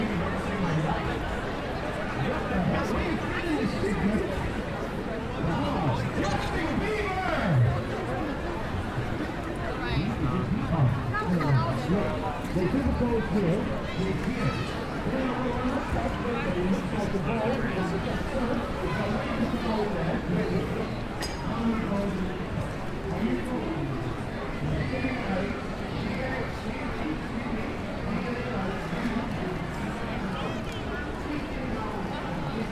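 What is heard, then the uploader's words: Crowds of shoppers and families fill a busy street, their overlapping voices forming a dense, steady babble throughout. Voices rise briefly out of the mix now and then, while the general hum of the outdoor crowd stays constant, with occasional footsteps and small knocks. Covent Garden at Christmas | London. A vibrant binaural walk through Covent Garden at Christmas. Sounds of tourists and shoppers. Crowds of families gathering to enjoy the festive lights and street performers.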